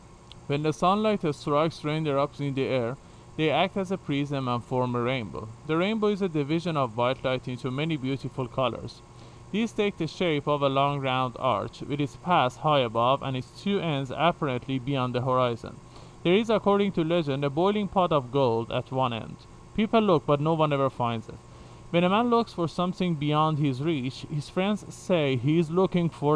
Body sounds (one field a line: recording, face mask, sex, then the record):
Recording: reading aloud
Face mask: surgical mask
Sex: male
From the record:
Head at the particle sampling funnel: facing it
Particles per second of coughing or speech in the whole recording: 0.101